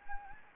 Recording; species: mosquito wingbeat signal from an infrared sensor; Anopheles gambiae